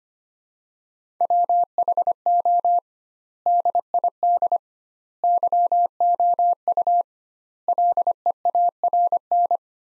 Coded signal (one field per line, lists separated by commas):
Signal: Morse code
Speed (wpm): 25 wpm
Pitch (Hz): 700 Hz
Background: none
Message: WHO DID YOU LEARN